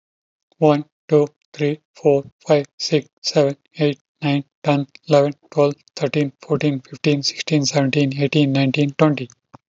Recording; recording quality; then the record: counting at a fast pace; excellent, no background noise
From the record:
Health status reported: healthy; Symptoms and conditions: diabetes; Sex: male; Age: 66 years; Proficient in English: yes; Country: India